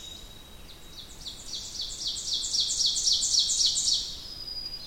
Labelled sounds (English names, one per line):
Ovenbird song